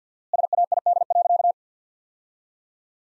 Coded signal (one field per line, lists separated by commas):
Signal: Morse code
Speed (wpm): 45 wpm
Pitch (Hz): 700 Hz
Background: none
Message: SAID.